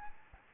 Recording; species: mosquito wingbeat signal from an infrared sensor; Aedes albopictus